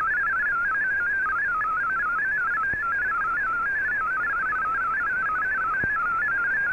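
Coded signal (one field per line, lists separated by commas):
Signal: multi-tone FSK (Olivia or MFSK type)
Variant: MFSK32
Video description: here is my decode of the Shortwave Radiogram broadcast today on 15770Khz shortwave radio at 1300UTC in MFSK32 and 64 and with 9 SSTV images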